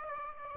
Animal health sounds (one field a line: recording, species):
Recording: mosquito wingbeat signal from an infrared sensor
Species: Aedes aegypti